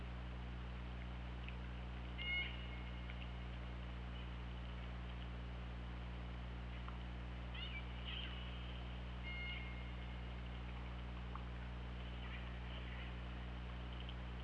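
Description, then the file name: Killer whale calls, short tonal harmonic notes in bursts around two, eight and nine seconds, over a constant low underwater hum and hiss. Recorded by the OrcaLab hydrophone on 24 August 2017 at 21:04. "Orca Lab 20170824 210415"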